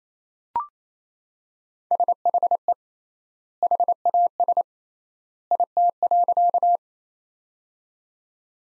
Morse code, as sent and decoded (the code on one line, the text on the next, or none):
... .... . / .... .- ... / .. - .-.-.-
SHE HAS IT.